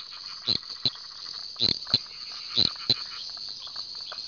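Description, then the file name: Eastern dwarf tree frog calling: short, sharp, high pips given singly or in pairs at uneven intervals over a faint constant hiss. "litoria fallax"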